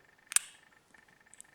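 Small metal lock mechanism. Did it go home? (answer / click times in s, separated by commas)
yes / 0.4 s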